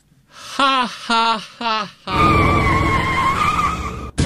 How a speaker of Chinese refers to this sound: 我刚出门就让汽车给撞了。哎哎呦，看看，哎呦，我腿都折了。